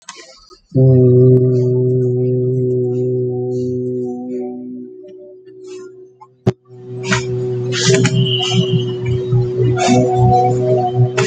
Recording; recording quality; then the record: sustained vowel as in boot; moderate, slight background noise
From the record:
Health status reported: healthy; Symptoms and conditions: sore throat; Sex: male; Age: 30 years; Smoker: not ticked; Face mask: not worn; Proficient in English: yes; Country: India